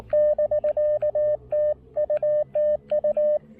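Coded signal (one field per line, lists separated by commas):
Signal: Morse code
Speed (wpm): 19 wpm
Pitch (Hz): 600 Hz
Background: radio noise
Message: <BK> TU TU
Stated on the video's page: POTA activation of New River Gorge National Park, a QRP operation, recorded in 2022 and shown from the archives.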